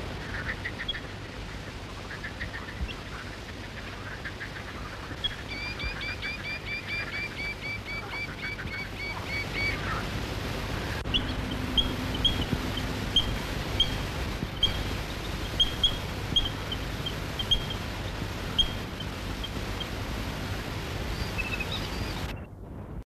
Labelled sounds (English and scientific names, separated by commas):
Little Grebe (Tachybaptus ruficollis) call